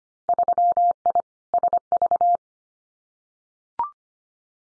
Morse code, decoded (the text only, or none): 3I SV